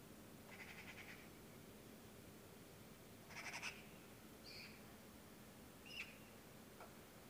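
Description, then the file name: Eurasian magpie giving two short, harsh rattling chatters, the second louder, followed by a few brief scratchy notes over steady background hiss. "Pica pica"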